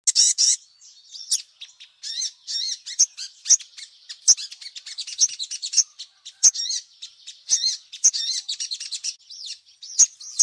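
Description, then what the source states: Little spiderhunter song: a continuous flow of high, twittering chirps and short whistles, varied and hurried, with some louder sharp notes throughout. "Labaik" song variety; used as a tutor to teach songbirds.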